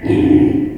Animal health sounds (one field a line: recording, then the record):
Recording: squeal of a Yucatan mini pig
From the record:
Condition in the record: before surgery on the right vocal fold (resection and tissue-engineered implant)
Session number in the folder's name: 1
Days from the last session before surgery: -21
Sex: female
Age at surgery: 19 weeks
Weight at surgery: 25 kg